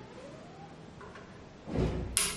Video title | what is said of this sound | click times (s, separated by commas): Connecting a Network Cable to the M6 Encore Connect & Encore 225 | push it in and make sure it's home you hear a click that is now securely connected okay | 2.2 s